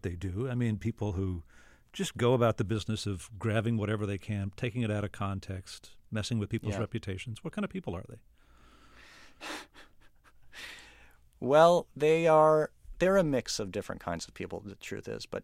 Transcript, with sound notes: I mean, people who just go about the business of grabbing whatever they can, taking it out of context, messing with people's reputations. What kind of people are they?
(SOUNDBITE OF LAUGHTER)
Well, they are - they're a mix of different kinds of people, the truth is,